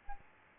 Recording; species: mosquito wingbeat signal from an infrared sensor; Aedes albopictus